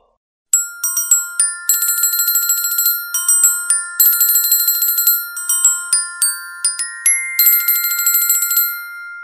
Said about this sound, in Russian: Пропели невидимые ледяные колокола.